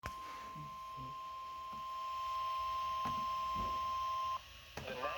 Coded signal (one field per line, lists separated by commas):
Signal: Emergency Alert System (SAME) tones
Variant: 1050 Hz attention tone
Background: speech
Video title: EAS #605: SVR